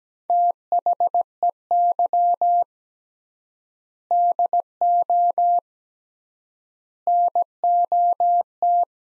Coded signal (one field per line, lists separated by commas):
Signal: Morse code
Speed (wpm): 17 wpm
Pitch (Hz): 700 Hz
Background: none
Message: THEY DO NOT